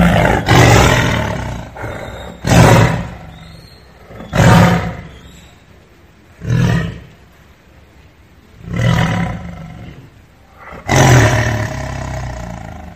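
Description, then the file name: Tiger roaring in a steady series of six short, powerful, rasping roars, spaced about two seconds apart, with near silence in between. "Tieng ho gam"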